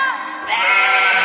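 Sheep bleating, one harmonic, wavering bleat that turns brighter and louder about halfway through and carries on to the end.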